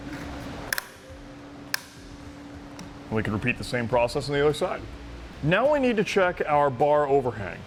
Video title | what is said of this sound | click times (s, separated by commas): etrailer - How to Set Up Your Yakima RidgeLine Roof Rack for Flush Rails on a 2015 Subaru Forester | may take you a minute or two but you're going to be listening for those three clicks | 0.7 s, 1.7 s, 2.8 s